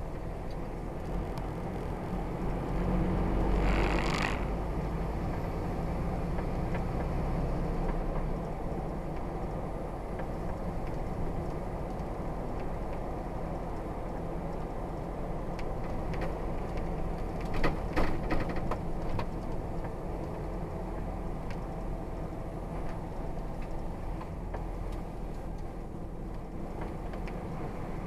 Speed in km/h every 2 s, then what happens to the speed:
31, 35, 42, 42, 44, 42, 42, 39, 37, 34, 31, 26, 26, 27.
0-4 speeds up to 42. 4-12 steady at about 42. 12-22 slows to 26. 22-28 steady at about 26.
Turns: none.